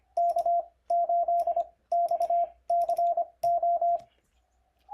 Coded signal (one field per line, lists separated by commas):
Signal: Morse code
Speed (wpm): 25 wpm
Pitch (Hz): 690 Hz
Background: radio noise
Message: K8XCO